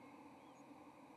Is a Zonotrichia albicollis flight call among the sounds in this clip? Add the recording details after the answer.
no. Another species' flight call is heard. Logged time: 10:44 on 30 October 2014